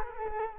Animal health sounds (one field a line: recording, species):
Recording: mosquito wingbeat signal from an infrared sensor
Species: Culex quinquefasciatus